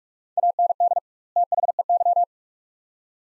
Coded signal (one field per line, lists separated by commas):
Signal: Morse code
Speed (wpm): 46 wpm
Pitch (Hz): 700 Hz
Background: none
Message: AND THEY